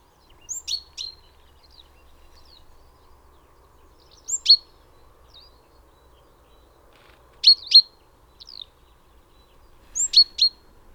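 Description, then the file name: Great tit giving sharp high call notes in pairs and small clusters, repeated every few seconds with soft faint chips between, over a quiet background. "Parus major"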